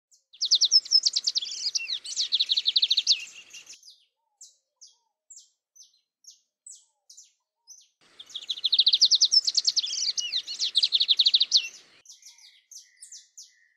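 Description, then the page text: Lined seedeater singing: a dense rapid buzzing trill lasting about three seconds, followed by spaced high chips, then the long trill repeats. "BIGODINHO (Sporophila Lineola)"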